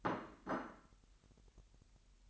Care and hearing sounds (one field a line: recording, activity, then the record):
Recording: daily activity, microphone in the room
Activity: place plate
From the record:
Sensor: 3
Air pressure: 1002.0 hPa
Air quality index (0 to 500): 247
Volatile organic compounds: 51 ppm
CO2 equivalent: 3308 ppm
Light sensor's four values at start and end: 12/36/16/13 and 12/36/16/13